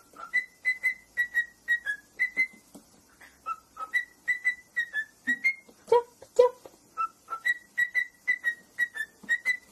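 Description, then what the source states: Cockatiel whistling a song of clear tonal notes, mostly steady and level, repeated about twice a second with brief gaps, a few lower notes mid-phrase. Several cockatiels singing, whistling.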